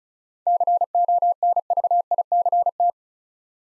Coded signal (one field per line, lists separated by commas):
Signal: Morse code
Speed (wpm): 36 wpm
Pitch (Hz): 700 Hz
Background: none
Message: CONVICT